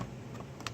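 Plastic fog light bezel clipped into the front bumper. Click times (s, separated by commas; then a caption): 0.6 s, 0.7 s. The plastic fog light bezel on the driver's side of a 2017 Ford Fusion's front bumper is pulled off to replace the fog light bulb. Over a low steady background, two sharp clicks sound at 0.6 s and 0.7 s, the second much louder, as the retaining clips let go. The bezel comes free of the bumper.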